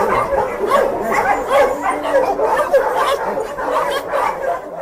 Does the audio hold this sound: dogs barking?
yes